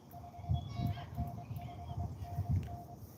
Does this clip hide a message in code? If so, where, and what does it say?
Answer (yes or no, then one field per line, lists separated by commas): yes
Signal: Morse code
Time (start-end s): 0.1-2.9 s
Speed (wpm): 23 wpm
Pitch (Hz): 700 Hz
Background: none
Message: 5NN 5NN